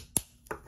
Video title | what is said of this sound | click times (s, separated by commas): FINALLY A WORTHY OPPONENT Studio Series Bumblebee Movie Concept Art Megatron (SS-109) | so click right in then take the leg piece and there is another tab slot connection that happens | 0.2 s